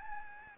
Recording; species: mosquito wingbeat signal from an infrared sensor; Aedes albopictus